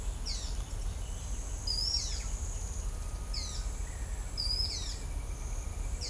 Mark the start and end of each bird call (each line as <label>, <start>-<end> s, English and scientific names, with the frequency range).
Carib Grackle (Quiscalus lugubris) (2.8-8.9 kHz), 0.00-6.10 s
Ochre-lored Flatbill (Tolmomyias flaviventris) (3.2-5.7 kHz), 1.61-2.17 s
Ochre-lored Flatbill (Tolmomyias flaviventris) (3.6-5.4 kHz), 4.35-4.88 s